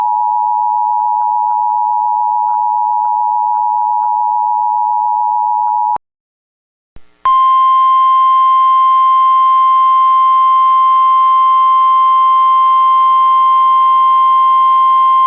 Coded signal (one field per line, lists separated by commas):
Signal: Emergency Alert System (SAME) tones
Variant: 853 and 960 Hz attention tone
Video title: [EAS] 6/28/25 Severe Thunderstorm Watch for Clearwater and Hubbard Counties